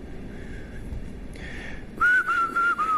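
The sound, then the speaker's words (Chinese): A person whistles a short tune in four clear, bright notes of similar pitch, each held briefly with small gaps between, over a low background hum, offered as a talent during an audition after being asked about playing an instrument. “口哨不算啊，你下来我们再商量商量吧。”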